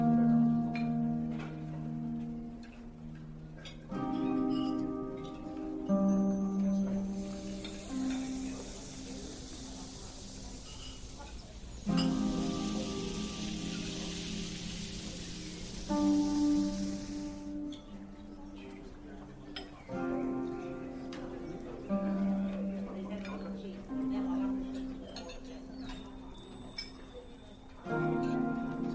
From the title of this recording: Fantasy fairy cafe asmr ambience